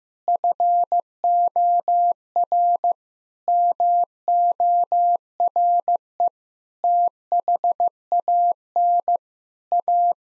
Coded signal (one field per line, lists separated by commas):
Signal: Morse code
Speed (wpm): 15 wpm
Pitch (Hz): 700 Hz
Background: none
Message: FOR MORE THAN A